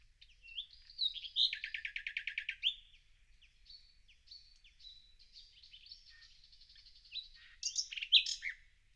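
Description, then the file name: Common nightingale with a loud fast rattling trill, then a soft run of varied twittering notes, closing with sharp, loud bursts. "Luscinia megarhynchos"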